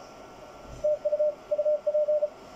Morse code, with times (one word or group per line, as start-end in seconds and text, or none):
0.8-1.3 TU
1.5-2.3 UP